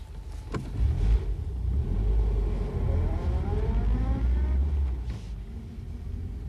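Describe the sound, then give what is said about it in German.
A car engine rumbles low and steady, its droning pitch shifting as the car pulls up to the curb and stops, with a sharp click near the start and a soft whoosh later. “Ich stand im Schatten des Torbogens und beobachtete den anderen Wagen, wie er an den Straßenrand fuhr und hielt.”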